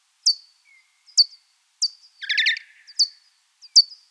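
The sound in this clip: Pipistrelle bat calls: short, sharp, downward-sweeping clicks at regular intervals, broken once by a rapid stuttering burst of lower chirps.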